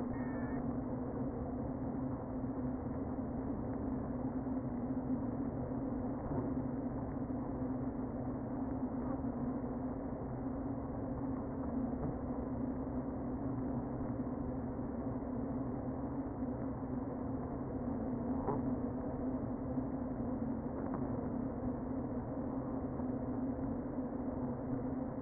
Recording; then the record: honeybee colony, microphone inside the hive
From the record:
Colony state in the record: queen present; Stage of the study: before two queens were removed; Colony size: about 60,000 bees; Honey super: yes